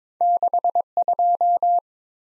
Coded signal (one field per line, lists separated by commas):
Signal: Morse code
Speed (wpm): 22 wpm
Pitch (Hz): 700 Hz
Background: none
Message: 62